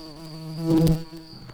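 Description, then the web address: White-tailed bumblebee buzzing, a steady low droning hum that swells louder near the middle and then eases off. Queen bumblebee. "Lucorum queens"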